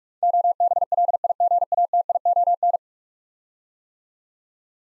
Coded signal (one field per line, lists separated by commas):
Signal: Morse code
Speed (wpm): 44 wpm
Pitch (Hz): 700 Hz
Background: none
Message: OBLIGATION